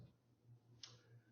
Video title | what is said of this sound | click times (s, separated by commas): Infusion Product Demo - 10/27/2020 | place it back in here and just snap until you feel it pop into place | 0.8 s